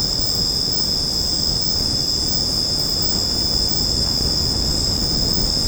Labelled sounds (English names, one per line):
none